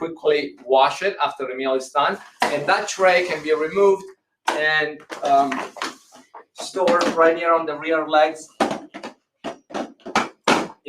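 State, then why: Seated. Someone talks while the removable plastic tray of a Chicco high chair is put onto its storage spot on the chair's rear legs. A few short plastic knocks come just before it, and the tray clicks into place at 10.5 s.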